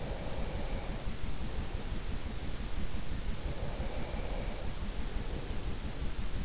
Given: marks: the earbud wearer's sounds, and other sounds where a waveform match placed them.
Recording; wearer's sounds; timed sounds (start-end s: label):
sounds in sleep by an in-ear microphone; breath
0.11-2.05 s: breath
3.60-5.93 s: breath